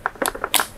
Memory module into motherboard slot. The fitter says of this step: Sampai bunyi klek itu setelah itu langsung aja ditutup gini